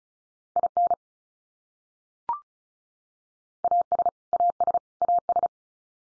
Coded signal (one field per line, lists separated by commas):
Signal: Morse code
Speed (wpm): 34 wpm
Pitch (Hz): 700 Hz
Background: none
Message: IN AS AS AS